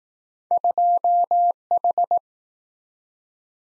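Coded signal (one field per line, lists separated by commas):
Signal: Morse code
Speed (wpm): 20 wpm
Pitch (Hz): 700 Hz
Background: none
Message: 2H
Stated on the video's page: Morse practice of two letter-number combinations, starting fast and slowing to a 15 wpm base speed, final repeat at maximum speed.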